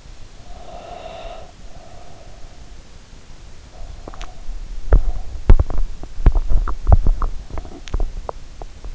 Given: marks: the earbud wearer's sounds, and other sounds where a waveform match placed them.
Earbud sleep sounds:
sounds in sleep by an in-ear microphone; breath, teeth grinding
0.35-2.49 s: breath
3.74-8.95 s: teeth grinding

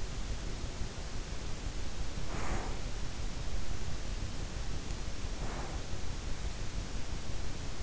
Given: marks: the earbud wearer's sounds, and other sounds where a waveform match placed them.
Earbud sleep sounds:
sounds in sleep by an in-ear microphone; breath
0.00-2.85 s: breath
4.15-5.88 s: breath

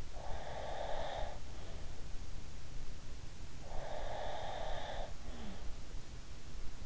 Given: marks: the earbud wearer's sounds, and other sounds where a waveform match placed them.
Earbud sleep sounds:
sounds in sleep by an in-ear microphone; breath
0.21-1.79 s: breath
3.60-5.77 s: breath

